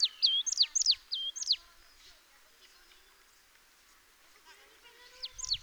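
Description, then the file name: Marsh tit calling: a rapid run of high, steeply falling notes with short flat tails, a quiet gap with faint chirps, then the notes return at the end. "Poecile palustris"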